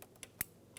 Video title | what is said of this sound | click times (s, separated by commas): How to Replace Camshaft Position Sensor 2013-2017 Honda Accord | push until you hear a click if you don't hear a click give it a pull make sure it's connected | 0.4 s